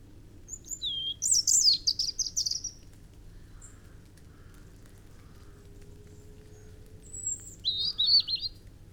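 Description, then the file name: European robin song: a rapid rippling high warble, a pause with faint notes, then a drawn-out thin whistle and another short trilled phrase, over steady low hiss. "Erithacus rubecula"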